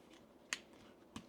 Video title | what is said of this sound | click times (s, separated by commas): HOVERAir AQUA Unboxing – The DRONE That Can GO IN WATER?! 💦 | Just clicks into place. | 0.5 s